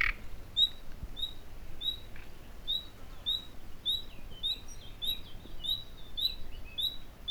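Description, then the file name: Common nightingale calls: faint high whistled notes that become more frequent and closer together toward the end, over soft background noise. "Luscinia megarhynchos"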